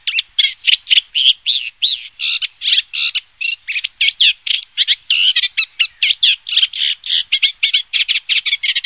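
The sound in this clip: Bird calls: rapid continuous chatter of short scratchy, buzzy notes repeated several times a second throughout, with no other sounds.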